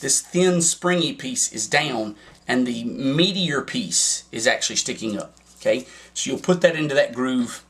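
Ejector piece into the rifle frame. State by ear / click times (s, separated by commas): not seated / none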